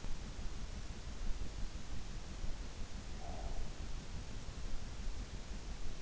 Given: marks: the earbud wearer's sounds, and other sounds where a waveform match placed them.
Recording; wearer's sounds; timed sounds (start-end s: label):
sounds in sleep by an in-ear microphone; breath
3.14-3.72 s: breath